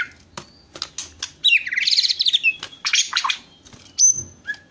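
White-rumped shama song: sharp clicks, then a rich warbling phrase followed by bright rising whistles and a clear high note near the end.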